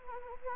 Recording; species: mosquito wingbeat signal from an infrared sensor; Anopheles gambiae